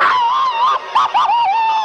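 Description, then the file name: Domestic cat giving a drawn-out wailing meow, wavering in pitch with a brief break and short rising notes before the long cry resumes. Domestic cat calling while in pain. "Katze Tom"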